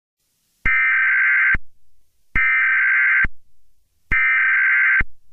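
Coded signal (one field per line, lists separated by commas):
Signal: Emergency Alert System (SAME) tones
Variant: header bursts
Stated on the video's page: Fictional EAS scenario, not a real alert.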